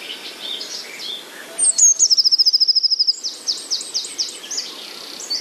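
Eurasian blue tit song: a thin, very high falling note, then a rapid even trill, with scattered high chirps before and after.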